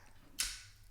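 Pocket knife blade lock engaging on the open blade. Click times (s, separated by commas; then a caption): 0.4 s. A folding pocket knife blade is flicked open, the detent drops off the blade, and the lock engages on the open blade with one sharp, bright tick at 0.4 s. Its high-pitched ring fades out by about 0.7 s against a quiet background. The blade lock is snapped into place.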